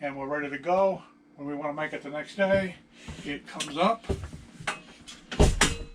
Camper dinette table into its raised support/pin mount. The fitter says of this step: locks into place